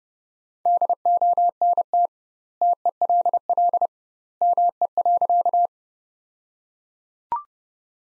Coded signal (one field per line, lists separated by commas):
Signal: Morse code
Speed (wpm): 30 wpm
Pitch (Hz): 700 Hz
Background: none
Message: DONT TELL ME.